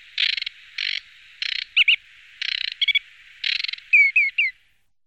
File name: rákosník-ostřicový